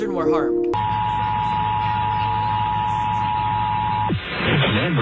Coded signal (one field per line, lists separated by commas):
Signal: Emergency Alert System (SAME) tones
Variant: 853 and 960 Hz attention tone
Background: speech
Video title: Scary Tiktok Compilation 9 (VALID EAS TONES)